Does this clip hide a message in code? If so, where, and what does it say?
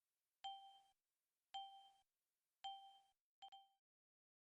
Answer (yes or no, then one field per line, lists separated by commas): no